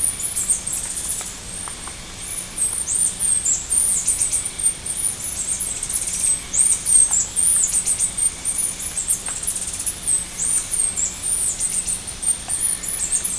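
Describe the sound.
Birds calling, many high thin chirps and short twitters overlapping almost without pause, with faint scattered clicks and a low steady hum underneath.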